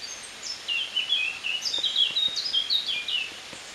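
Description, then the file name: Eurasian blackcap song, a continuous stream of loud, clear whistled notes, many sliding downward, delivered rapidly over nearly three seconds with light background noise. "Sylvia atricapilla"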